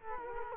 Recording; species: mosquito wingbeat signal from an infrared sensor; Culex quinquefasciatus